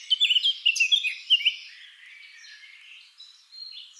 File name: Sylvia atricapilla